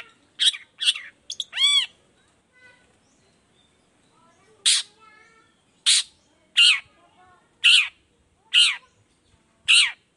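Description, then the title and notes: Long-tailed shrike giving several harsh rasping calls, with an arching nasal note early and a long quiet gap before the later calls. Energetic morning song with varied 'toet toet' notes, used as a lure to prompt other shrikes of any kind to reply quickly and open their beaks. "Cendet Gacor Dor Di Kala Pagi Toet Toet Variasi Suara. Cendet Gacor Efektif Pancingan Buat Cendet Jenis Apapun Agar Cepat Nyaut Buka Paruh. Burung cendet"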